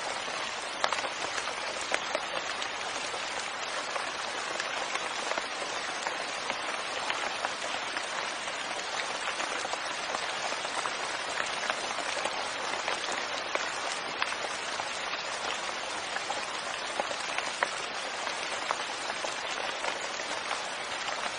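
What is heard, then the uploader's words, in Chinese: Rain patters steadily on leaves, a dense, even crackle of countless small drops. The sound sits mostly in the bright upper range with little low rumble, and it holds the same intensity for the whole stretch without pauses or distinct louder events. 听着雨打叶子入睡。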